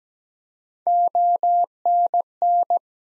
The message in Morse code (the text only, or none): ONN